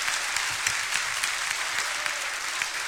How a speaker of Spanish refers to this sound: Este aplauso compartido con el grupo …, toda la energía que ellos me brindan aquí.